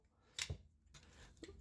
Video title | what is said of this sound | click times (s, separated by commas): Conversion Conversations: Transformers Genreations Legacy United Beast Wars Universe Tigerhawk | There is a tab here that will click in into his side of his purple back piece, like so. | 0.4 s